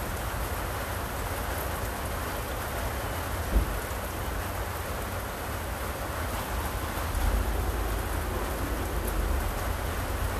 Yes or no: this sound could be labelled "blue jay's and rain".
yes